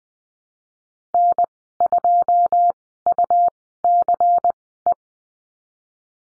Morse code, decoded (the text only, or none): N2UCE